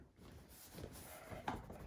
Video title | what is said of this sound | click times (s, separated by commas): Tesla Model 3 Hansshow Audio Upgrade (DIY Cable) | That's nice and snapped in, and I'll go ahead and, like I said, | 1.5 s